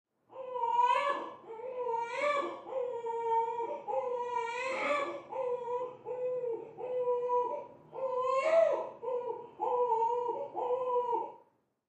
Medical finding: Baby Crying Newborn.